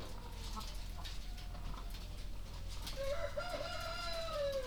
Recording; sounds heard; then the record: poultry house recording; sick chickens (respiratory disease)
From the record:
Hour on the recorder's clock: 23